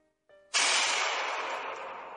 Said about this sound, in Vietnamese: Một tiếng súng vang lên, khẩu súng của Diệp Mạc lại rơi xuống trên nền mặt đất.